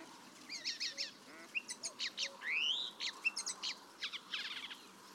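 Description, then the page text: Paddyfield warbler song: quick clusters of chipping notes, a long rising whistled slur in the middle, then more rapid scratchy twitters. "Patrick Franke - Индийская камышевка (Acrocephalus agricola)"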